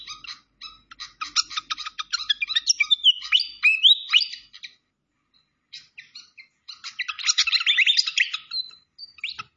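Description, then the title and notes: Malaysian pied fantail song in two bursts of rapid squeaky chirps and slurred whistles separated by a brief silence. Masteran training recording of the fantail's clear voice, locally called sikatan londo. "Masteran Sikatan Kipas Suara Jernih Dan Suara Gemericik Air. Suara Burung Sikatan Londo"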